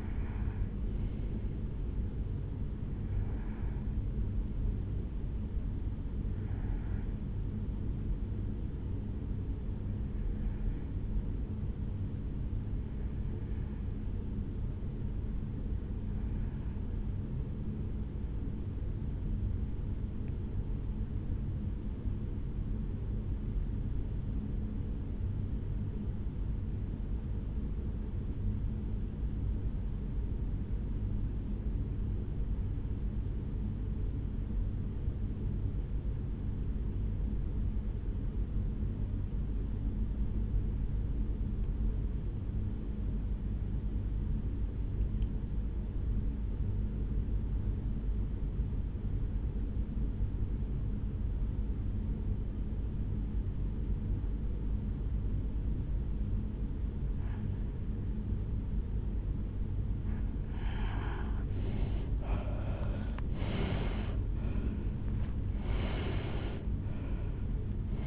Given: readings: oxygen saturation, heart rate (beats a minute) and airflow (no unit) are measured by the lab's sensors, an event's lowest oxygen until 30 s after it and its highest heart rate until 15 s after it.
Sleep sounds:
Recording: breathing in sleep by a smartphone at the bedside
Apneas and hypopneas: 1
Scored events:
15.00-61.30 s: hypopnea (N1, oxygen 96% highest, then 73% lowest, heart rate 64 at the start, 83 highest)
19.00-68.07 s: new sleep stage, REM sleep
From the record:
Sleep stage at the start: N1 (lightest sleep)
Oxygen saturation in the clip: 78 to 96%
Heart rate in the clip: 60 to 81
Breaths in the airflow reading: 17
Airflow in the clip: -12.9 to 8.1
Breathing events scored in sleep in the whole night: 449 in 7.0 hours asleep

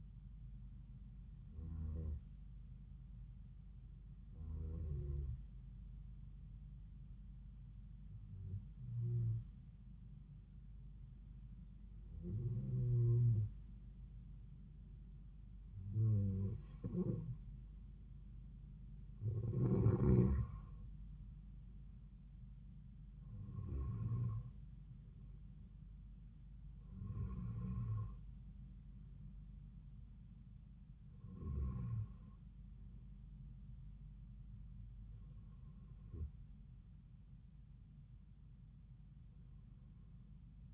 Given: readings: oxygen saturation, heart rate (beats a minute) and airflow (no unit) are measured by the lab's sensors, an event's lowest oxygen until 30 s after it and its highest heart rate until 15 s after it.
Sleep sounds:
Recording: breathing in sleep by a smartphone at the bedside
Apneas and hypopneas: 1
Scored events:
4.00-18.80 s: hypopnea (N2, oxygen 94% highest, then 91% lowest)
From the record:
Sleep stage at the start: N2 (light sleep)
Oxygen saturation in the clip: 91 to 94%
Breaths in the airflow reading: 11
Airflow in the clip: -6.7 to 7.6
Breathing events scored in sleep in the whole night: 270 in 6.1 hours asleep

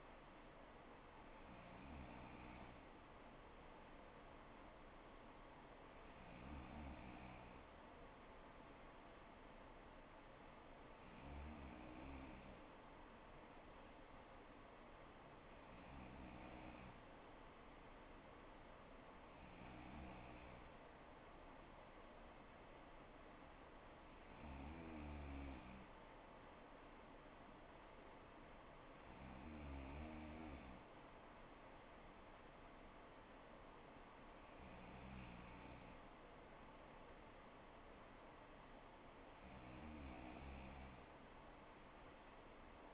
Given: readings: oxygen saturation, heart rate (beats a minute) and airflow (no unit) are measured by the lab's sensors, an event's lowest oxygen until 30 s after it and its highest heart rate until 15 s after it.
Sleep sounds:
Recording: breathing in sleep by a voice recorder at the bedside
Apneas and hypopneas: none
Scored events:
none scored
From the record:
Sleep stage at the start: N3 (deep sleep)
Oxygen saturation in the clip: 94 to 95%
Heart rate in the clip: 59 to 64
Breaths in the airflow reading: 9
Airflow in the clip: -3.5 to 3.5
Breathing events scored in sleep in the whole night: 79 in 6.3 hours asleep

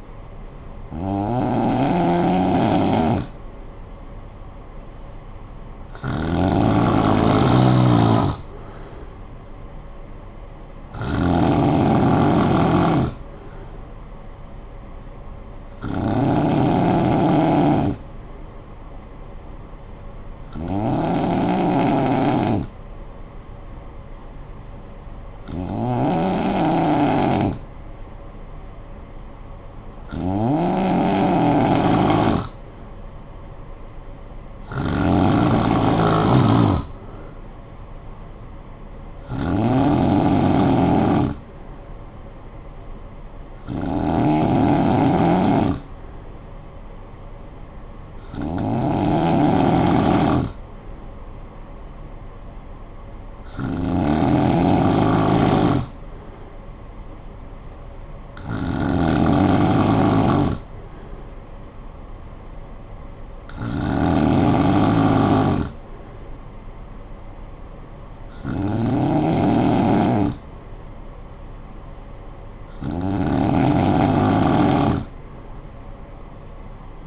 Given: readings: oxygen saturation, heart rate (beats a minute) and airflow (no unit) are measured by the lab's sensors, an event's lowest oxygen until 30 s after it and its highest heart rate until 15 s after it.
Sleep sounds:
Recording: breathing in sleep by a smartphone at the bedside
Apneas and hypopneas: 1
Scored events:
18.00-32.80 s: hypopnea (N2, oxygen 94% highest, then 91% lowest, heart rate 52 at the start, 59 highest)
From the record:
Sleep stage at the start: N2 (light sleep)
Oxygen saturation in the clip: 91 to 95%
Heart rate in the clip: 51 to 65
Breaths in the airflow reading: 16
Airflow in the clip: -12.1 to 5.9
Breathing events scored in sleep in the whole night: 445 in 7.6 hours asleep

